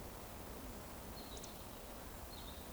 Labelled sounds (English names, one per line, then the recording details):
Eurasian Woodcock whistle
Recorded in Baden-Württemberg, Germany, on 24 June 2020 at 19:54 UTC
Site 14569, 102 m above sea level